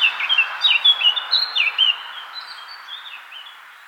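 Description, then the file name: Eurasian blackcap warbling song with fluted down-slurred notes over a steady hiss of background noise, the phrases growing fainter. "Sylvia atricapilla"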